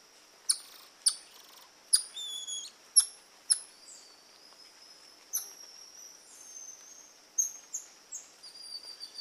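Golden lion tamarin uttering a series of sharp, high clicky chirps, then thin high whistles.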